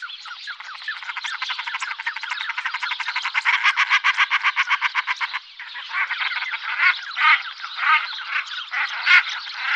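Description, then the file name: Common shelduck calls, rapid harsh pulsed cackles run together for several seconds, then broken into separate louder bursts after a brief dip. "Gravand"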